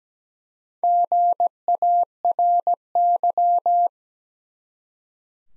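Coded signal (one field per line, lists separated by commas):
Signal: Morse code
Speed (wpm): 17 wpm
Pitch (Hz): 700 Hz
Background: none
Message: GARY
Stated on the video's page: Morse practice at 17 wpm, common US names of up to five letters for head-copy, each sent, spoken, then sent again.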